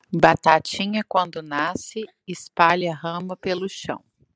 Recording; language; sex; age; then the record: short text; Brazilian Portuguese; female; 30 to 39 years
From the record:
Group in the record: control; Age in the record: 36 years